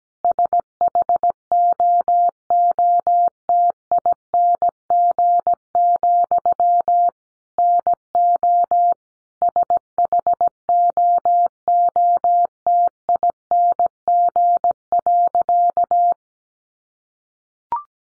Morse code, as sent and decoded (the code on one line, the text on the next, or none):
... .... --- --- - .. -. --. --..-- / -. --- / ... .... --- --- - .. -. --. .-.-.-
SHOOTING, NO SHOOTING.